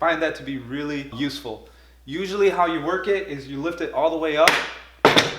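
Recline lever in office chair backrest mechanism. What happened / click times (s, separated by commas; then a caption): The chair's recline lock releases / 5.1 s. Someone talks while lifting the plastic recline lever on an office chair all the way up. A sharp thunk is heard at 5.1 s as the backrest recline lock releases, unlocking the back so it can be adjusted.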